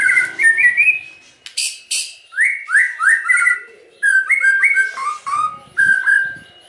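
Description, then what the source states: White-rumped shama song: loud harsh bursts followed by a series of descending slurred whistles, several in quick succession, then lower fluty notes. Lure recording (pancingan) meant to provoke a response from other birds; the bird is described as singing actively (gacor).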